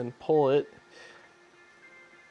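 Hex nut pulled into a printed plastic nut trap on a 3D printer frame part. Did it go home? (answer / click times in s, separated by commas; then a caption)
no / none. A hex nut is being worked into a printed plastic nut trap on a 3D printer frame part for a Prusa MK3S+, with a screw threaded in from the back to pull the nut into its pocket. Someone talks briefly, then only faint low handling noise follows. Nothing has seated or clicked yet.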